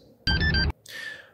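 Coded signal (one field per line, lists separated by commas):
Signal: beep code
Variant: Simple Key easy installer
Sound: three quick electronic beeps, low-high-low pitch, then a fainter echoing tone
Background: low hum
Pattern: 3 short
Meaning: Installer is ready; move on to the next step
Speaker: wait up to 8 seconds and listen for three beeps coming from this easy installer which sounds like this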